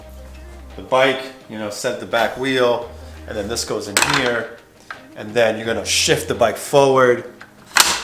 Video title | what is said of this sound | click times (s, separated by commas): E90 Must Have - BMW Roof Rack with Thule Top Ride and Pro Ride | and it snaps into place green means go apparently | 7.8 s